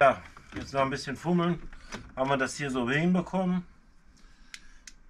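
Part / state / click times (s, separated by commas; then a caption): plastic dashboard component into its upper mounting catch / seated / 4.5 s, 4.9 s. Someone talks while fiddling a plastic dashboard component, in the heater or blower housing area of an Opel Corsa, into its upper mounting catch. After the talk ends, two sharp clicks come at 4.5 s and 4.9 s as the part snaps in at the top and is back in the right position.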